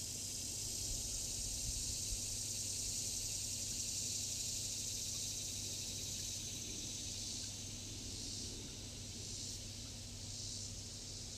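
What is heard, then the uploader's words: Cicadas drone in a steady, dense high-pitched buzz that fills the whole clip. Toward the end the buzz begins to pulse in slow, regular swells about once a second. Underneath runs a low, constant hum with a faint rumble. Cicadas.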